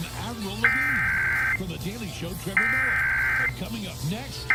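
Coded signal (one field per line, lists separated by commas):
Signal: Emergency Alert System (SAME) tones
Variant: header bursts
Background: speech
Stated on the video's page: Pennsylvania required monthly test tones relayed by television stations and recorded from a streaming TV DVR.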